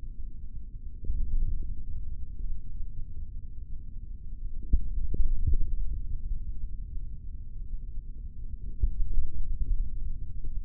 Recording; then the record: forearm muscle sounds (acoustic myography)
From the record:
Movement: index flexion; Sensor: system 3, bracelet of six PUI Audio POM-2738L microphones around the upper forearm, with dedicated amplification and filtering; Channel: 2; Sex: male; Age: 23 years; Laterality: right